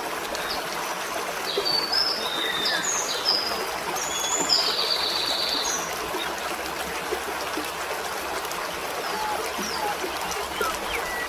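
Several birds chirping and whistling in short high bursts over steady flowing water noise.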